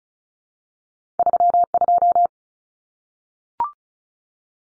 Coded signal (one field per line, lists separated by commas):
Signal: Morse code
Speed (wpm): 34 wpm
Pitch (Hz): 700 Hz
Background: none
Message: 32